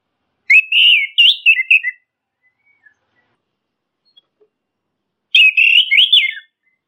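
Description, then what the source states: Orange-headed thrush with two bursts of fast, tumbling whistled notes, each over a second long, and a quiet gap between them. Masteran training recording for songbirds; locally called anis kembang or punglor kembang.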